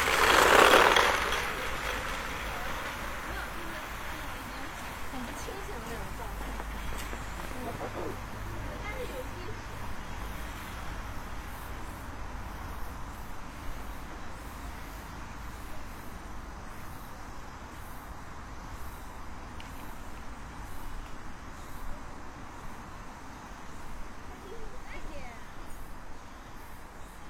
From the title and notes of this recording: 27℃ 多云天的午间散步. Noon Break Walking On A Cloudy Day.